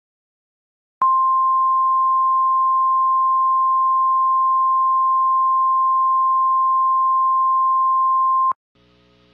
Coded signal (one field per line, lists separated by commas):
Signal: Emergency Alert System (SAME) tones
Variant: 1050 Hz attention tone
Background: music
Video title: "CAMP CLOVIS" - An EAS Scenario